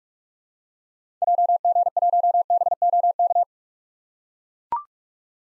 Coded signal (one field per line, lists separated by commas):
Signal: Morse code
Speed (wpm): 43 wpm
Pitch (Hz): 700 Hz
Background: none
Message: JG1BOK